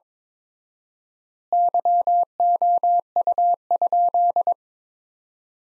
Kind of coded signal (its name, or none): Morse code